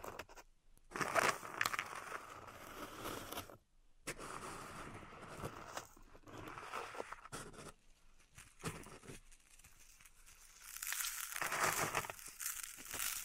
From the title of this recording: Pink Salt Zen Garden Triggers